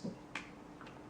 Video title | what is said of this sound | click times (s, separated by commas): Airsoft: Oakley SI M Frame Alpha & Helo Kit Review (9/11 Tribute) | hinge it at the top of the frame of the glasses right in the center and then it clicks in place just | 0.4 s